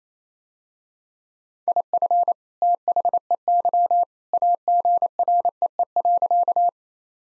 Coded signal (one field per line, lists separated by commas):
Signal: Morse code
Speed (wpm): 27 wpm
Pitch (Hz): 700 Hz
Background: none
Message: IF THEY AGREE.